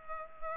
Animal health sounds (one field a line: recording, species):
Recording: mosquito wingbeat signal from an infrared sensor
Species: Culex pipiens